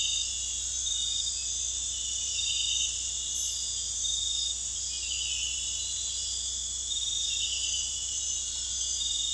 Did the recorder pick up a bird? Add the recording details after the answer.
no. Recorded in dense forest near Puerto Asís, Putumayo, Colombia, on 21 December 2024 at 00:30. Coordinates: 0.486, -76.317. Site G003